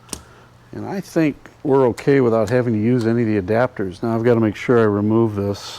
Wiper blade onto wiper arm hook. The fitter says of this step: heard that snap